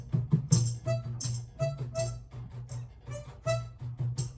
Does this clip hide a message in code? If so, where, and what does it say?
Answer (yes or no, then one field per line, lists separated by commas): no